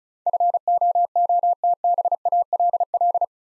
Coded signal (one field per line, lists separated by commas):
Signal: Morse code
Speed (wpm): 36 wpm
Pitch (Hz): 700 Hz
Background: none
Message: FOOTBALL